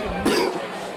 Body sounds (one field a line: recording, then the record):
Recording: coughing mixed with background sound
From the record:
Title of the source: Coughing 77